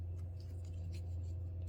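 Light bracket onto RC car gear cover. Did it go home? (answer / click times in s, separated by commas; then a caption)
no / none. A plastic underglow light bracket is being pushed over the triangular portion of a Traxxas 4-Tec 2.0 Drift RC car's gear cover. It is a tight fit: faint handling ticks and scrapes come at about 0.4, 0.7 and 1.7 seconds over a steady low hum. The bracket has not snapped into place yet, and nothing has seated or clicked.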